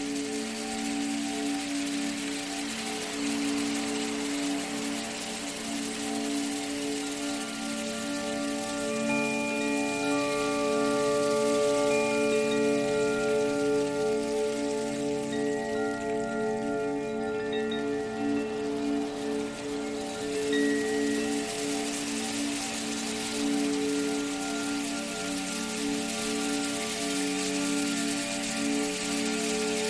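Wind chimes ring continuously, their overlapping tones sustaining and blending into a steady, shimmering chord with occasional brighter notes entering around the middle. A constant rain-like hiss fills the background throughout, and the overall level stays even, swelling slightly near the middle.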